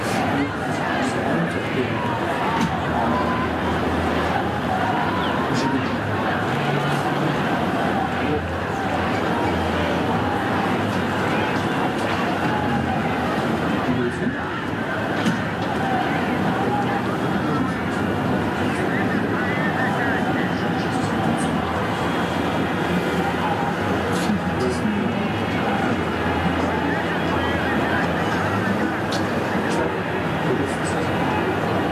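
Authentic documentary sound from ongoing protests in Belarus: a dense, steady wash of crowd voices and murmuring that never lets up across the whole half minute. Level stays constant, with brief sharper sounds poking through around 14 and 25 seconds.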